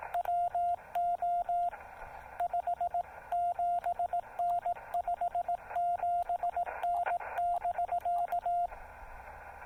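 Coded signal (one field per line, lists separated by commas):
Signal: Morse code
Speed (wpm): 18 wpm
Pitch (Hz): 700 Hz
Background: radio noise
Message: WO 57N 57N <BK>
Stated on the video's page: SOTA summit activation using a Yaesu FT-817 at 2.5 watts QRP into a CHA MPAS Lite antenna.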